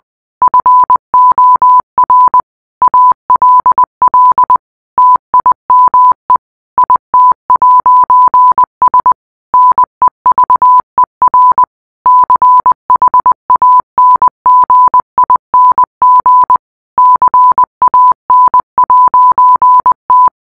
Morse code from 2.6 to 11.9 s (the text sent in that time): ALL TIME IT'S NEVER